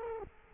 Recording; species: mosquito wingbeat signal from an infrared sensor; Culex quinquefasciatus